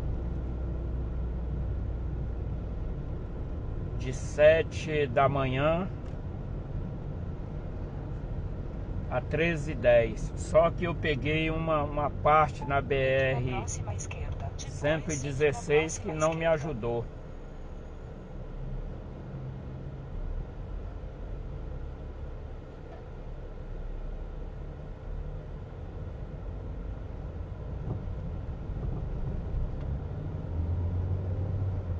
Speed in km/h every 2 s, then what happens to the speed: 35, 32, 31, 30, 29, 23, 12, 6, 3, 8, 5, 6, 10, 12, 17, 22.
0-15 slows to 3. 15-22 steady at about 5. 22-29 speeds up to 22.